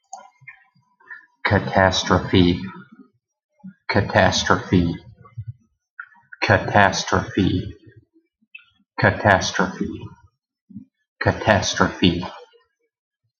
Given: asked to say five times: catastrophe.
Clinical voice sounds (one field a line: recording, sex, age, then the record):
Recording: repeated word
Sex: male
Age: 40 to 49 years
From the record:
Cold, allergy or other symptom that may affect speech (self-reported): no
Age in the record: 40 years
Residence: Iowa, United States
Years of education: 15